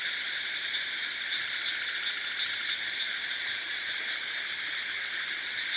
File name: rice field frogs and insects close wide at night